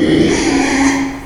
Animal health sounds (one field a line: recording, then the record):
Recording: squeal of a Yucatan mini pig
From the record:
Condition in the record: after surgery on the right vocal fold (resection and tissue-engineered implant)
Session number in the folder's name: 2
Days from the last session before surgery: 13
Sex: male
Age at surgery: 12 weeks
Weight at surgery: 13 kg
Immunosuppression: cyclosporine, prednisolone